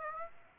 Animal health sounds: mosquito wingbeat signal from an infrared sensor; Aedes aegypti

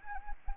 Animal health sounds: mosquito wingbeat signal from an infrared sensor; Anopheles arabiensis

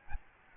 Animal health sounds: mosquito wingbeat signal from an infrared sensor; Aedes albopictus

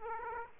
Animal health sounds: mosquito wingbeat signal from an infrared sensor; Aedes aegypti

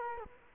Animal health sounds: mosquito wingbeat signal from an infrared sensor; Culex quinquefasciatus

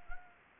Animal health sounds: mosquito wingbeat signal from an infrared sensor; Anopheles arabiensis

